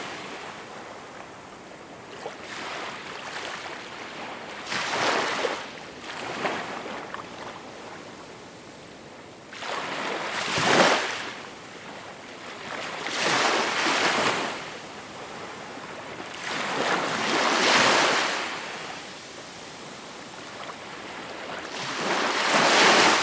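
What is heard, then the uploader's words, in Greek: Waves wash onto sand, each one swelling into a bright hissing rush and then fading, arriving about every four seconds at 5, 10, 13, 17 and 22 seconds. Between breakers a soft, steady sea wash fills the gaps, with a faint low rumble underneath. Κύματα στην άμμο.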